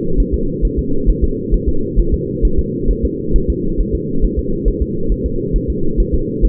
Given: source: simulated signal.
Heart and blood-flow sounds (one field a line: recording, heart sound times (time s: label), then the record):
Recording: fetal heart sounds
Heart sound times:
0.20 s: S1
0.34 s: S2
0.65 s: S1
0.79 s: S2
1.10 s: S1
1.24 s: S2
1.54 s: S1
1.69 s: S2
2.00 s: S1
2.14 s: S2
2.45 s: S1
2.59 s: S2
2.91 s: S1
3.05 s: S2
3.36 s: S1
3.50 s: S2
3.81 s: S1
3.95 s: S2
4.25 s: S1
4.39 s: S2
4.68 s: S1
4.82 s: S2
5.12 s: S1
5.26 s: S2
5.56 s: S1
5.70 s: S2
6.00 s: S1
6.15 s: S2
6.45 s: S1
From the record:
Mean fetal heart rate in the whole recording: 135 bpm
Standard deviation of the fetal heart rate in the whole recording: 3 bpm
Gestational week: 36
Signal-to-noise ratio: -8.1 dB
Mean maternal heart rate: 72 bpm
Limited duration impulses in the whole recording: absent